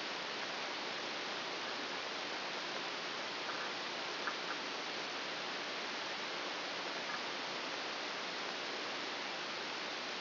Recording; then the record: brain microelectrode recording played as sound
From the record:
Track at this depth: outside the subthalamic nucleus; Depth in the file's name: 5.201 mm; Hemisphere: right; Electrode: 2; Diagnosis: Parkinson's disease